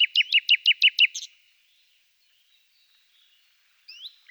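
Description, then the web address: Common nightingale giving a quick run of several loud repeated notes, followed by silence and one faint rising whistle. "A természet hangjai - Fülemülék"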